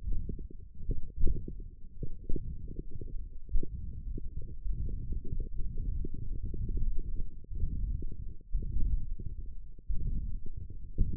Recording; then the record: forearm muscle sounds (acoustic myography)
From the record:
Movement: hook grip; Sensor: system 1, eight BSWA MPA416 microphones around the upper forearm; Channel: 3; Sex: male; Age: 21 years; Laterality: right